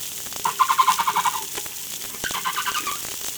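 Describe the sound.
Whale calls: a short series of rapid tonal pulses near one pitch, then a second brighter run after a pause, over a hissing background.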